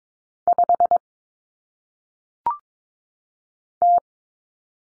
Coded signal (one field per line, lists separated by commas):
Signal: Morse code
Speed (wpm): 22 wpm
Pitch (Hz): 700 Hz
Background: none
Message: 5 T